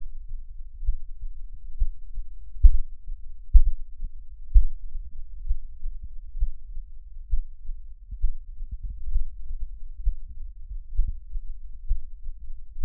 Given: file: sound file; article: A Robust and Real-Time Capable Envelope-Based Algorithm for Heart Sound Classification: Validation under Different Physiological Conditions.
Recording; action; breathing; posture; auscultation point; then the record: heart sounds by electronic stethoscope; rest; normal; lying on left side; Erb’s point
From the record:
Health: healthy, no known heart disease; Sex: male